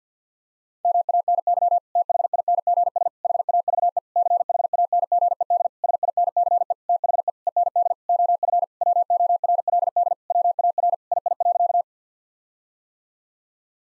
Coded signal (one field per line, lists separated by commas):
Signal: Morse code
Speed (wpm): 50 wpm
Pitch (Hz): 700 Hz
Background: none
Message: MANY THINGS HAVE CHANGED SINCE THE END OF WORLD WAR II.